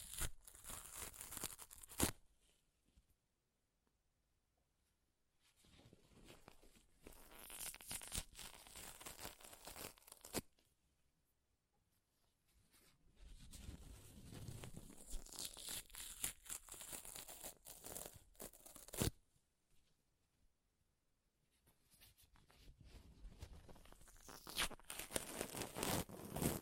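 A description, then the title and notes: Paper is ripped and torn in four rough, crackling bursts of a few seconds each, separated by short silences, with crisp bright edges. ASMR Paper Ripping Tearing Sounds (No Talking).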